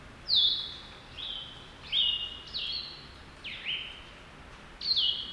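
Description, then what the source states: Blue-headed Vireo song: several short, sweet, slurred whistled phrases, some falling, each followed by a brief pause, over faint steady background hiss. Singing in deep woods at Connecticut Hill Wildlife Management Area, April 28.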